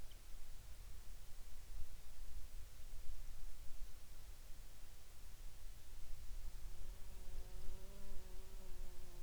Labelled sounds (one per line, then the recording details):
bird
insects
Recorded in the Arctic National Wildlife Refuge, Alaska, on 7 July 2019 at 23:22
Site 48